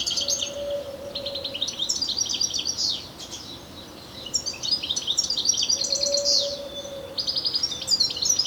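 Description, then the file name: European goldfinch twittering song in bursts of fast liquid notes and buzzy trills, with a faint low hum at times. "Carduelis carduelis"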